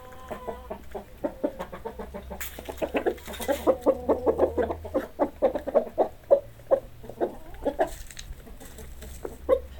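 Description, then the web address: Chicken clucking: a steady series of short clucks over a low background hum. "sounds animals chickens"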